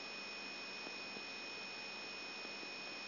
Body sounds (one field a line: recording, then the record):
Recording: brain microelectrode recording played as sound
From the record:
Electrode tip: outside the subthalamic nucleus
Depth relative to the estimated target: -1 mm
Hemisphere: right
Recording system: AlphaMap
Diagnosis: Parkinson's disease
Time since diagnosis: 14 years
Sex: male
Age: 66 years